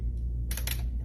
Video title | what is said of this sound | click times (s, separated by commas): Baby Lock Capella & 3D Puff Embroidery | and then I lock it | 0.5 s